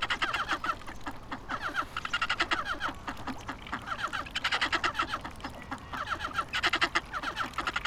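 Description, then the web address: Ducks chattering together, a busy stream of short overlapping calls in irregular loud bursts, with a steady noise bed underneath. Duck on the Abukuma River on 29 November 2025. "nagahata abukuma duck river 20251129"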